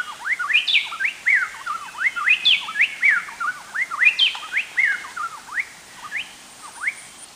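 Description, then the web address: Plain-tailed wren song, a fast back-and-forth of clear whistled notes sweeping up and down, phrases repeated and overlapping, fading toward the end. Recorded in Ecuador. "Birds of Ecuador. Plain-tailed Wren"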